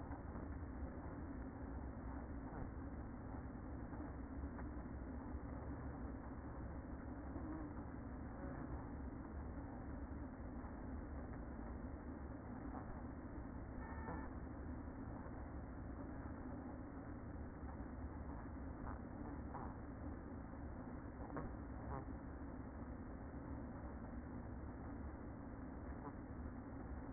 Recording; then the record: honeybee colony, microphone inside the hive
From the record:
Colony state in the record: queen present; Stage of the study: after two queens were removed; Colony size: about 60,000 bees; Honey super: yes